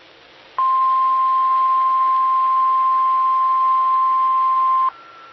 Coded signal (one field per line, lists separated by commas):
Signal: Emergency Alert System (SAME) tones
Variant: 1050 Hz attention tone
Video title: 2020-09-01 - W5RHS SKYWARN Repeater System 147.1200 and 146.8050 MHz